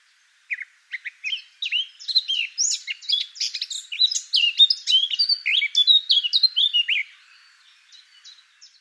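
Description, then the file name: Eurasian blackcap song: a fast, varied warble of sweet, high-pitched notes and twittering phrases, running for about six seconds before fading into soft, scattered chirps. "Sylvia atricapilla"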